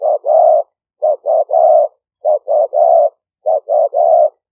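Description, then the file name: Spotted dove giving a repeated three-part coo, two clipped notes then a longer mellow one, phrases spaced roughly a second apart. "5 hậu" call type. "tieng-cu-gay-5-hau"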